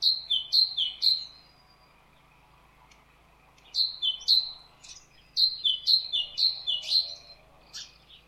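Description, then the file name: Great tit calling in short bursts of bright, quick notes separated by pauses. "Parus major"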